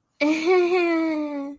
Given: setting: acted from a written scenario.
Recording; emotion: vocal sound without words; embarrassment